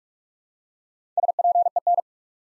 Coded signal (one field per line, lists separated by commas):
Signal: Morse code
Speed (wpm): 44 wpm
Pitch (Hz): 700 Hz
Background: none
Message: SPEN